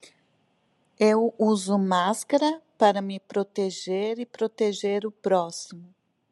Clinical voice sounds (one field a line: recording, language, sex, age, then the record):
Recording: short text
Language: Brazilian Portuguese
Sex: female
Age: 50 to 59 years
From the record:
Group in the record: control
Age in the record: 57 years